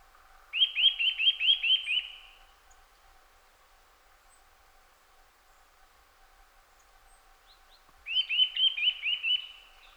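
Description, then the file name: Eurasian nuthatch calling in two quick bursts of about six rising, whistled notes, the second burst coming some seven seconds after the first, with quiet background between. "Sitta europaea"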